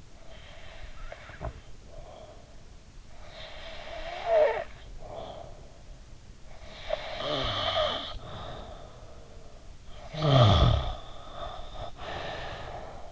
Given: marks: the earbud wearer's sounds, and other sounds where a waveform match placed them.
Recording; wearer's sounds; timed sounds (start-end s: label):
sounds in sleep by an in-ear microphone; snoring breath
0.00-2.89 s: snoring breath
3.05-5.98 s: snoring breath
6.30-8.97 s: snoring breath
9.65-13.12 s: snoring breath